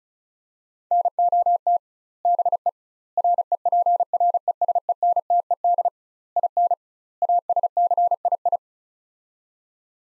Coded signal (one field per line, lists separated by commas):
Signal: Morse code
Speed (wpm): 36 wpm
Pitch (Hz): 700 Hz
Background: none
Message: NOT BE REPRESENTED IN ASCII